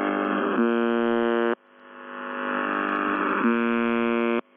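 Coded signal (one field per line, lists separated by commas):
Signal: numbers station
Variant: UVB-76 (The Buzzer)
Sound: two harsh low buzzes about a second each, separated by rising static hiss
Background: radio static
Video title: The Buzzer/UVB-76(4625Khz) June 3, 2021 12:18UTC Voice message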